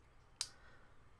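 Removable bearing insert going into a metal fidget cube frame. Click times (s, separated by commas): 0.4 s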